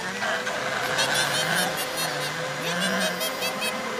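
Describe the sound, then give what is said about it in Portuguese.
In Hannah Montana (European Portuguese dub), a voice imitates a motorcycle engine to pretend a motocross bike is being fixed, a steady buzzing drone whose pitch rises and dips like revving, held at an even loudness for about four seconds. “Se calhar não imitaste lá muito bem o som, Jackson.”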